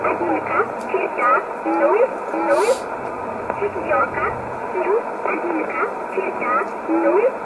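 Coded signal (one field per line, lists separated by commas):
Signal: numbers station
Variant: S11a Cherta, Russian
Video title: 29 06 2020 S11a Cherta Numbers station in Russian 0701 on 9339 unknown tx site in USB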